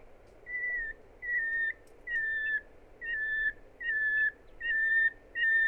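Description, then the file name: Common nightingale sings a series of pure, steady whistled notes on one pitch, repeated about every three quarters of a second over a low background hum. "Luscinia megarhynchos"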